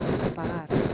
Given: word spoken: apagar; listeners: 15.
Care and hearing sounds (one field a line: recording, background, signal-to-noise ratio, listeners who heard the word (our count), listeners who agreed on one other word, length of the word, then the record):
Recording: one Spanish word in noise, from a listening test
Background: noise modulated by three-talker babble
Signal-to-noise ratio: -6.5 dB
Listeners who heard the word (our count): 3 of 15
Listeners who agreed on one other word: 12 of 15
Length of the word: 0.54 s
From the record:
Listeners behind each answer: 12, 3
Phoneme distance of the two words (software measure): 7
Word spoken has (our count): 3 syllables, 6 phonemes, stress on syllable 3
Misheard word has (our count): 2 syllables, 5 phonemes, stress on syllable 2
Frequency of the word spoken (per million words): 5.99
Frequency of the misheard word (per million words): 68.21